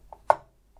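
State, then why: Seated. A CPU cooler mounting screw on the other side of the cooler is turned down onto the motherboard retention module. A sharp click rings out at 0.3 s, standing out from faint, low-level handling sounds before and after. The screw clicks home and is seated.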